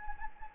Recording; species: mosquito wingbeat signal from an infrared sensor; Anopheles gambiae